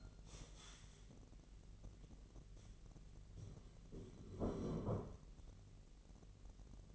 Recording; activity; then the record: daily activity, microphone in the room; stand up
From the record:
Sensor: 4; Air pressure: 1002.4 hPa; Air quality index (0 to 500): 248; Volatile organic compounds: 38 ppm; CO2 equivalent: 3121 ppm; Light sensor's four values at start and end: 11/24/10/10 and 11/24/10/10